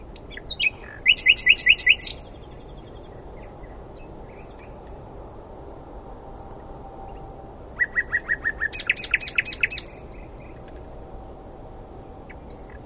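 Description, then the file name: Common nightingale song with loud chopped note bursts, a pure whistled tone held for several seconds, then a fast repeated run of notes before falling quiet. "Luscinia megarhynchos"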